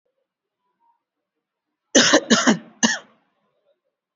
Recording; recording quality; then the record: heavy voluntary cough; excellent, no background noise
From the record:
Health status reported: exposed to COVID-19, no respiratory illness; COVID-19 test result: negative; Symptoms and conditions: cough, sore throat, fever, muscle pain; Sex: male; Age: 26 years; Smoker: no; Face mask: worn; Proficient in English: yes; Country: India